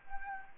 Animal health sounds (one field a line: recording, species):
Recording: mosquito wingbeat signal from an infrared sensor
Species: Anopheles arabiensis